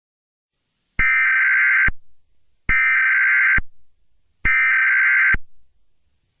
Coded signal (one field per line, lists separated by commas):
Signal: Emergency Alert System (SAME) tones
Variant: header bursts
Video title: EAS Scenario - Jurassic World: Reclamation